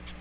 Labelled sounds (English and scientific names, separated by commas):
Magnolia Warbler (Setophaga magnolia) flight call